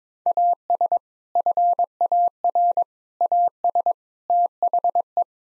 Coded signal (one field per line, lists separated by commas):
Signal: Morse code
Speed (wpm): 22 wpm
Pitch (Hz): 700 Hz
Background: none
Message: AS FAR AS THE